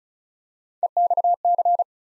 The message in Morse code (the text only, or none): EXC